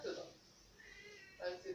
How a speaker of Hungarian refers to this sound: Légy szíves, macsa, kifelé! Légy szíves! Cica! Nem hallgat rád.